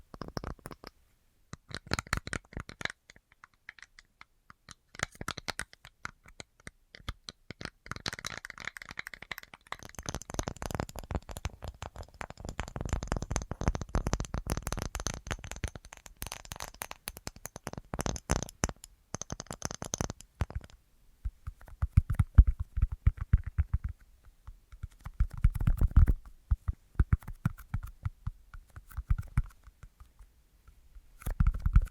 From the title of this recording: Tingliest Tapping Assortment